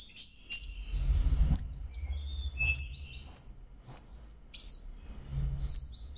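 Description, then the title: Orange-headed thrush song: a rich, varied run of high whistled and scratchy phrases, sweeping and rapid, with faint low rumbling underneath. "Burung Anis Merah"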